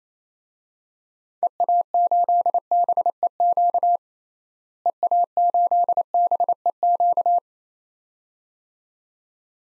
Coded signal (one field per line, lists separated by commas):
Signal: Morse code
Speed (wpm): 28 wpm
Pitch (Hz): 700 Hz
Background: none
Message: EA8BEQ EA8BEQ